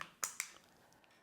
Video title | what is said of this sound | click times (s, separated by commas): PULUZ Desktop Charging Base for DJI Pocket 3 REVIEW | and you can hear that satisfying snap of both of these clips on either side | 0.2 s, 0.4 s